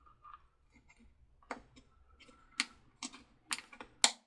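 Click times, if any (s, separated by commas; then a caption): 4.0 s. A plastic gear cover is lined up over the gears of a Lemax 6 V DC holiday-village motor base and pressed down onto the base housing, taking care not to break or pinch a gear. A series of short plastic clicks and taps comes at about 1.5, 2.6, 3.0 and 3.5 seconds, then the loudest sharp snap at 4.0 seconds as the cover seats back into place.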